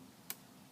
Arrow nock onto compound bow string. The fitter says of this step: slide it through and we're gonna make sure when when you go to lock the arrow in you wanna hear it click